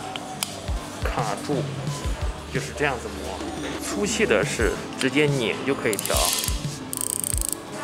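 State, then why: Seated. A magnetic part of a hand coffee grinder, likely the crank handle, is taken out and snapped onto the grinder body, where it catches and locks in place with two short taps at 0.2 s and 0.4 s. Someone talks over background music throughout, and a rapid series of sharp clicks follows near 7.0 to 7.5 s.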